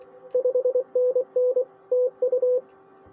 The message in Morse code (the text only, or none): 5NN TU